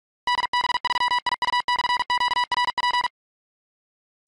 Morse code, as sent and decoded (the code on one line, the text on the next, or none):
-.. -... ...-- .. ..- -..-. --.- .-. .--.
DB3IU/QRP